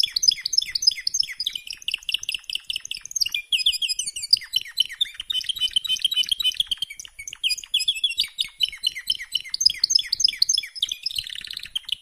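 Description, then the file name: Canary song, a continuous high warble of rapid trills and buzzy rolls, shifting between phrases without pause over twelve seconds. "Canary Voice"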